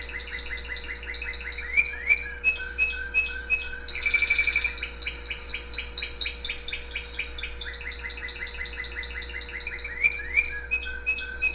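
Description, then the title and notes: Canary singing rapid rolling trills and buzzy, chattering phrases, with a brief bright whistled note in the middle, over a steady low hum. Pet canary singing with background music playing. "mi canario. musica de fondo"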